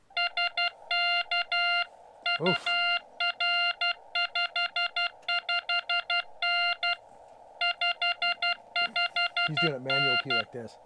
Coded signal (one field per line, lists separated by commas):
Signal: Morse code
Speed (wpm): 12 wpm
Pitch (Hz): 2800 Hz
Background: speech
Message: SK UR 55N 55N